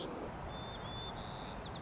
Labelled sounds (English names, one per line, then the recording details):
White-crowned Sparrow
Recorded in Sonoma County, California